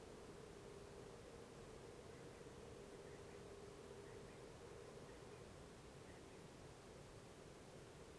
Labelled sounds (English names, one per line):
Common Quail